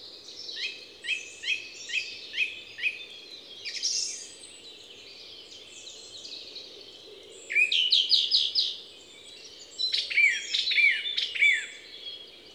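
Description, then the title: Song thrush song: a sharp note repeated several times, then varied phrases of repeated notes, with a steady low hum in the background. Song thrush recorded at Envirhôna, Les Avenières Veyrins-Thuellin, France, with a Dodotronic stereo parabolic microphone and a Zoom H4n Pro recorder. "Envirhôna, Les Avenières Veyrins-Thuellin, France - Grive musicienne"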